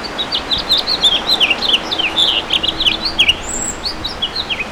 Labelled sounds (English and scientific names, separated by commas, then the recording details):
House Finch (Haemorhous mexicanus) song
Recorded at Montauk on Long Island, New York, on 15 June 2013
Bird H